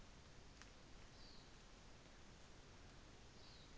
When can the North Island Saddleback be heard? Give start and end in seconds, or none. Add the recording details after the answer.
none. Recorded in New Zealand on 24 December 2018. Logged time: 11:00